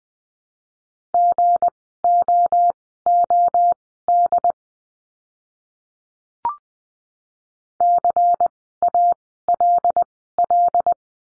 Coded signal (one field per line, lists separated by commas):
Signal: Morse code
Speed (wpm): 20 wpm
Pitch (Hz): 700 Hz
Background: none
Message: GOOD CALL